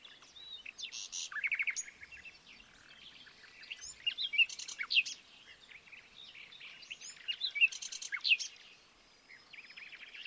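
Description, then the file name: Common nightingale song with repeated strophes of whistled notes and dense buzzy trills, returning every few seconds against faint background hiss. "Luscinia megarhynchos"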